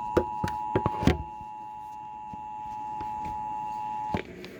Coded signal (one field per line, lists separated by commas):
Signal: Emergency Alert System (SAME) tones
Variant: 853 and 960 Hz attention tone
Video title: EAS #228 - Child Abduction Emergency